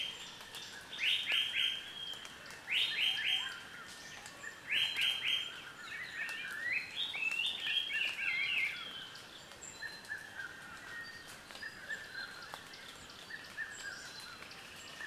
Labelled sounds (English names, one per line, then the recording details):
Red-capped Robin-chat
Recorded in Kibale, Uganda